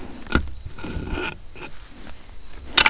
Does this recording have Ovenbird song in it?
no